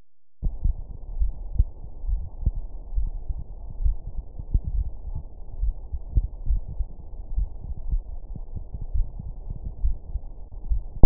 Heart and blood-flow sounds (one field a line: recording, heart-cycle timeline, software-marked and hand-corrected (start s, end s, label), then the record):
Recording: heart sounds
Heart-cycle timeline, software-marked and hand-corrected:
0.00	1.18	noise
1.18	1.32	S1
1.32	1.54	systole
1.54	1.68	S2
1.68	2.06	diastole
2.06	2.22	S1
2.22	2.44	systole
2.44	2.54	S2
2.54	2.94	diastole
2.94	3.10	S1
3.10	3.30	systole
3.30	3.40	S2
3.40	3.82	diastole
3.82	3.96	S1
3.96	4.12	systole
4.12	4.18	S2
4.18	4.52	diastole
4.52	4.62	S1
4.62	4.76	systole
4.76	4.90	S2
4.90	5.34	diastole
5.34	5.42	S1
5.42	5.60	systole
5.60	5.74	S2
5.74	6.14	diastole
6.14	6.28	S1
6.28	6.48	systole
6.48	6.62	S2
6.62	7.06	diastole
7.06	7.16	S1
7.16	7.36	systole
7.36	7.48	S2
7.48	7.90	diastole
7.90	8.04	S1
8.04	8.28	systole
8.28	8.40	S2
8.40	8.92	diastole
8.92	9.06	S1
9.06	9.26	systole
9.26	9.36	S2
9.36	9.82	diastole
9.82	9.96	S1
9.96	10.14	systole
10.14	10.22	S2
10.22	10.68	diastole
10.68	10.82	S1
10.82	10.98	systole
10.98	11.06	S2
From the record:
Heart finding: coronary artery disease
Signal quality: good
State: rest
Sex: male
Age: 66 years